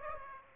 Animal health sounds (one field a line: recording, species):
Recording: mosquito wingbeat signal from an infrared sensor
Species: Aedes aegypti